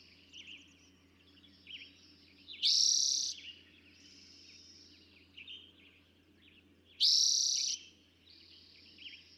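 Eastern towhee song, two bright trilled phrases around four seconds apart, with lighter chirps between them.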